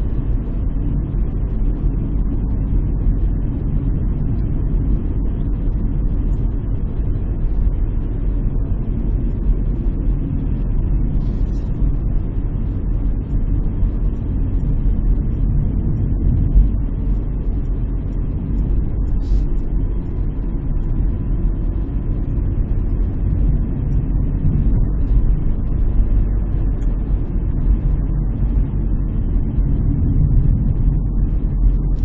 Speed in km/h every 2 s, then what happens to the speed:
41, 40, 40, 39, 38, 37, 38, 38, 37, 37, 37, 37, 36, 36, 35, 33.
0-32 slows to 33.